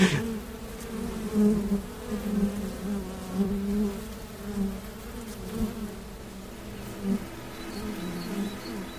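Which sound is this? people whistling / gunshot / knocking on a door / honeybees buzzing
honeybees buzzing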